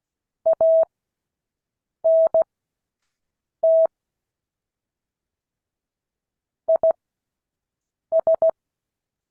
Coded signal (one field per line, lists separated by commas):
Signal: Morse code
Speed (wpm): 16 wpm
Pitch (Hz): 650 Hz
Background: none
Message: ANT IS